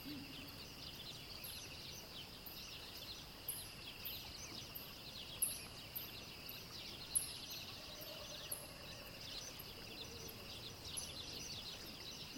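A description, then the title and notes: Exotic birds chirp in short, bright bursts every second or so over a steady wash of insect-like hiss and a low outdoor rumble. Gliding along a wide river that winds through a land teeming with wild animals.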